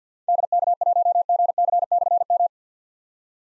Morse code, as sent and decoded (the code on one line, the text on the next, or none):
-.. -.- .---- --. -.-. -..-. --
DK1GC/M